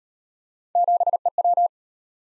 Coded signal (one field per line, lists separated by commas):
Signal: Morse code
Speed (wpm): 37 wpm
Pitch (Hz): 700 Hz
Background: none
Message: 7EW